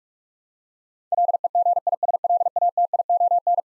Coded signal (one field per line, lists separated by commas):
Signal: Morse code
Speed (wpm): 42 wpm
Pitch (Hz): 700 Hz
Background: none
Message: LEGISLATION